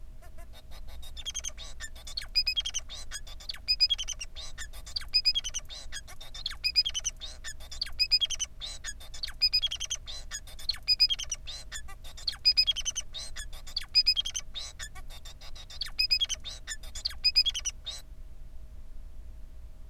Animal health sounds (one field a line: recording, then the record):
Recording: song of a male Bengalese finch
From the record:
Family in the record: son of father 4